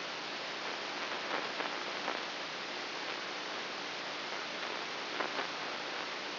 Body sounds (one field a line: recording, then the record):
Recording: brain microelectrode recording played as sound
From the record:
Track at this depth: inside the subthalamic nucleus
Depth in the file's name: 2.004 mm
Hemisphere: right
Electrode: 3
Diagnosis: Parkinson's disease